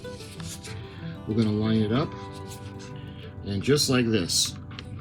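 A charged plastic 20V rechargeable battery pack is lined up by its grooves and handled at the base of a Towallmark 22" 2600 RPM cordless hedge trimmer while someone talks over background music. Faint handling noises come at about 0.4 s and 4.7 to 4.8 s. The pack has not seated or clicked in yet.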